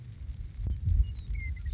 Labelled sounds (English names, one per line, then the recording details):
Western Meadowlark
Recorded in Sonoma County, California